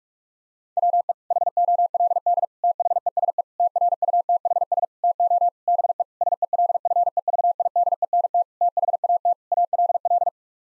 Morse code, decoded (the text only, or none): WE HOLD THESE TRUTHS TO BE SELFEVIDENT THAT ALL